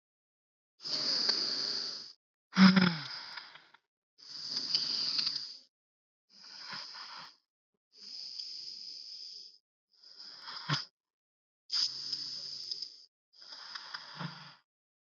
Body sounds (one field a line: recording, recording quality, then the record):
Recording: deep breathing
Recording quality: excellent, no background noise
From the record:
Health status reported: exposed to COVID-19, no respiratory illness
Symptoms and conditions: sore throat, fatigue, muscle pain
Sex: female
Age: 32 years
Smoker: no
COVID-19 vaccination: both doses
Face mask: worn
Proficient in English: yes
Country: India